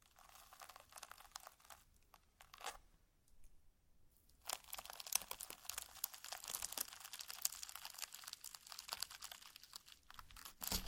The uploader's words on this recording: ASMR SLIME! 5 Satisfying Slimes.